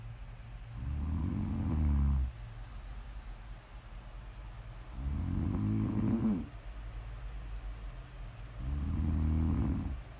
Prime ASMR snoring.